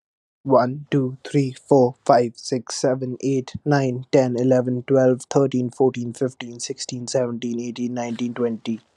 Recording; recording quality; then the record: counting at a fast pace; excellent, no background noise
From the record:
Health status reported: healthy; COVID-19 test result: negative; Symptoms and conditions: cough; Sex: male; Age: 22 years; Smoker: not ticked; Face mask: not worn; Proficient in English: yes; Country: India